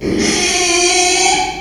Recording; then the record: squeal of a Yucatan mini pig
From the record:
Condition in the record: after surgery on the right vocal fold (resection and tissue-engineered implant); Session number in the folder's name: 2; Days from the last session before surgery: 13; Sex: male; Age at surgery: 12 weeks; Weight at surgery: 13 kg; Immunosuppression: cyclosporine, prednisolone